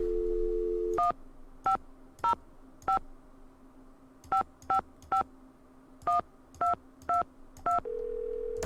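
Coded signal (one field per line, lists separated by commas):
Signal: DTMF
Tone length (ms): 110 ms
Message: 1505 5551222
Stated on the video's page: DTMF tones in the PC game Nancy Drew: Secret of the Scarlet Hand.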